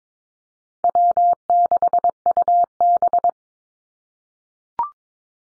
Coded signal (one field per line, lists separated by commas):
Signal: Morse code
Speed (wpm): 22 wpm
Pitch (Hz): 700 Hz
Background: none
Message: W6UB